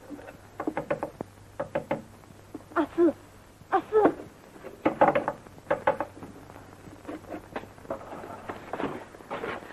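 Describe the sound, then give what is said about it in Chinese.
Repeated knocking on a door by two visitors arriving at Boss Lin's house, sharp raps coming in uneven clusters of two or three, fairly loud with short gaps between them, over a faint low hum. “敲门进来的是朱三太和也在这里存了一笔钱的张寡妇。”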